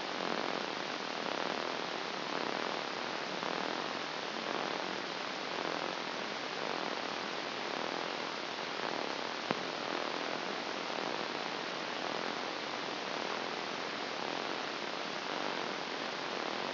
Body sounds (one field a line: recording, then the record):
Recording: brain microelectrode recording played as sound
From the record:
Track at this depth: inside the subthalamic nucleus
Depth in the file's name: 2.135 mm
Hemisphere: left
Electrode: 2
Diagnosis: Parkinson's disease